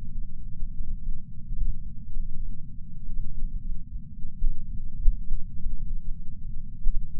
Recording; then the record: heart sounds by patch sensor on the chest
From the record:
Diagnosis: coronary artery disease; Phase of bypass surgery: postoperative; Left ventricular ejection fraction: 41.5%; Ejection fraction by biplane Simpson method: 34.6%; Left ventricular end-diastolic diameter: 67 mm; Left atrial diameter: 53 mm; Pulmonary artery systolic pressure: 24 mmHg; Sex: male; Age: 61 years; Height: 174 cm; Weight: 80 kg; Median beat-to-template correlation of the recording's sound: 0.54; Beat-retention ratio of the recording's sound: 0.99